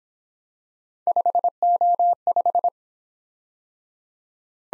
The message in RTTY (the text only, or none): none